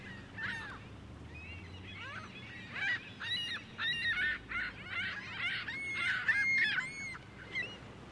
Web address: Big Room Sound Birds Seagulls Lake Ont Busy